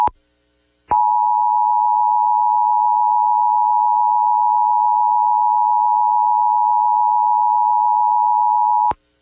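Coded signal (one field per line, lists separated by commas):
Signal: Emergency Alert System (SAME) tones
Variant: 853 and 960 Hz attention tone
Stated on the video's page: Real Amber Alert EAS activation aired on an FM radio station.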